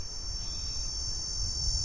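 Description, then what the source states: Cicada giving a steady, high-pitched whine that holds at one level throughout, over a low background rumble. Midday in July in southeast Arizona, temperatures above 100 degrees, searing heat.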